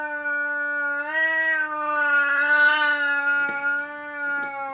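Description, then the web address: Burmese cat yowling in a continuous, sustained wail with slight wavering swells in loudness and a couple of faint clicks near the end. Domestic cat. "The BBC Sound Effects Library - Complete 60 CDs Collection. Burmese Cat Hisses Twice And Long"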